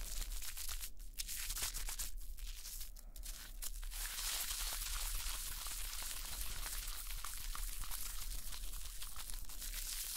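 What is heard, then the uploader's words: Shaving foam hisses and crackles in a dense, fizzy rush of tiny pops, bright and constant. A few brief dips break it in the first four seconds, then the crackle runs unbroken and even to the end, over a faint low hum. ASMR Intense Shaving Foam Sounds.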